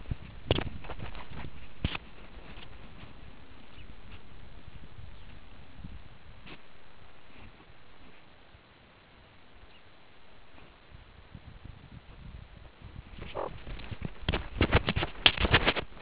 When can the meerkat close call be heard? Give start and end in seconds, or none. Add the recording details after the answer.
13.36-13.48. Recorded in the Kuruman River Reserve, South Africa. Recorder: an audio tag on a meerkat's collar